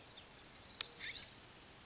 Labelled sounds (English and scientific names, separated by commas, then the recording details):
California Scrub-Jay (Aphelocoma californica)
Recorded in Sonoma County, California